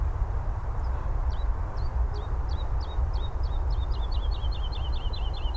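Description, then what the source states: Woodlark song: whistled descending notes that start spaced out and then quicken into a faster run, with constant low traffic rumble beneath. Male woodlark singing from the top of a birch on Oystershell Hill, Chobham Common heathland, Surrey, in spring; song varies each time: faster, slower, slow with notes between, trills, short phrases; traffic noise.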